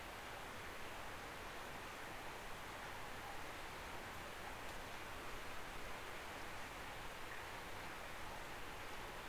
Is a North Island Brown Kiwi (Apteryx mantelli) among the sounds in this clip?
no